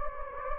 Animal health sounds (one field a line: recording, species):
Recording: mosquito wingbeat signal from an infrared sensor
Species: Anopheles gambiae